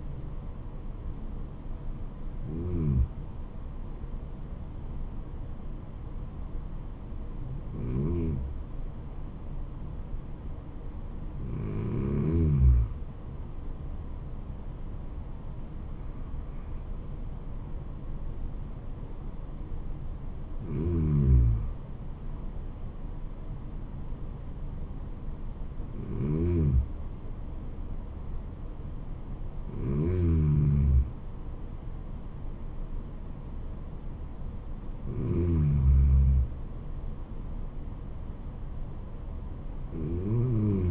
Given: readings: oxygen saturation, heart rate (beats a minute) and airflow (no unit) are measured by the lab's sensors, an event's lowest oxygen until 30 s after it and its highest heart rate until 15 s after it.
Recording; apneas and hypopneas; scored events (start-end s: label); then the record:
breathing in sleep by a smartphone at the bedside; none
none scored
From the record:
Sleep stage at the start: N2 (light sleep); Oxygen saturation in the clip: 96 to 98%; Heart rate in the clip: 70 to 79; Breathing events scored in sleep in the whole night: 426 in 7.4 hours asleep